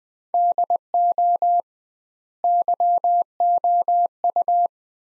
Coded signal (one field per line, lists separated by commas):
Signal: Morse code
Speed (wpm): 20 wpm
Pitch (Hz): 700 Hz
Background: none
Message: DO YOU